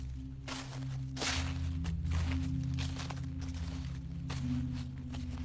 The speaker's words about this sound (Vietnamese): Bất giác, ông rùng mình, bởi vì ông nghe tiếng bước chân. Đúng là tiếng dép loẹt quẹt đi trên nền đất, dẫm vào mấy cái lá khô ở bên ngoài.